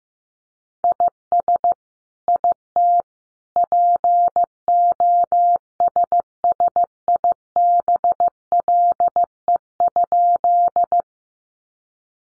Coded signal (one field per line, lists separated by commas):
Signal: Morse code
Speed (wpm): 15 wpm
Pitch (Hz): 700 Hz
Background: none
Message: IS IT POSSIBLE?